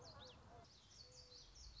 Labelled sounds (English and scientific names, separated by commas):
Common Yellowthroat (Geothlypis trichas)